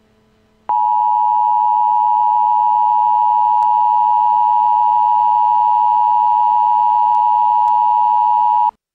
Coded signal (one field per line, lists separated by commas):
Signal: Emergency Alert System (SAME) tones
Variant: 853 and 960 Hz attention tone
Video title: Emergency Alert System - Atomic Train